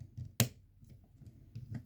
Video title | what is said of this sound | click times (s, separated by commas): Transformers one studio series megatron review | there's a peg right here that snaps into this little spot here. You just push down. | 0.4 s